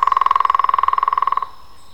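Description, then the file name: European green woodpecker drumming: a fast, even roll of knocks lasting about one and a half seconds, then quiet. Drumming, recorded on 21 April 2001. "zöld küllő dob 20010421"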